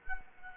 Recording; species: mosquito wingbeat signal from an infrared sensor; Culex quinquefasciatus